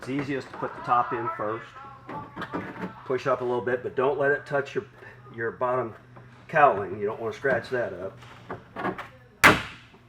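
Someone talks while a plastic rear quarter trim panel from a Sleekline kit is handled onto an EZGO golf cart body, top edge first and pushed up slightly while kept off the bottom cowling. A sharp knock is heard near the end, but nothing has seated or clicked yet.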